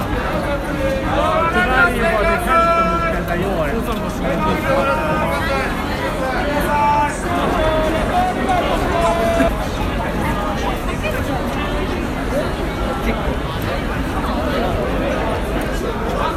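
A dense Halloween crowd at Shibuya chatters steadily, overlapping voices and shouts forming a constant babble with brief whistle-like tones around seven seconds.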